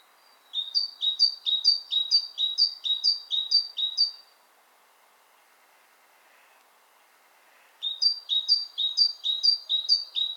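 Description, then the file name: Great tit song: a bright two-note phrase repeated rapidly in a burst of several seconds, then a pause before the phrase resumes. "Parus major"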